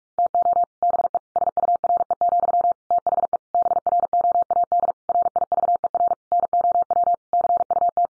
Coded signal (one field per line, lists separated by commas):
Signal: Morse code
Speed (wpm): 44 wpm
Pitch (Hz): 700 Hz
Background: none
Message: TO BE SURE, THE BROAD RIVER NOW CUT